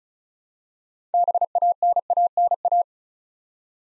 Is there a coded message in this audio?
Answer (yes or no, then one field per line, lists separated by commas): yes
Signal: Morse code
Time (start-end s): 1.1-2.8 s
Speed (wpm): 36 wpm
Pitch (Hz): 700 Hz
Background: none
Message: BANANA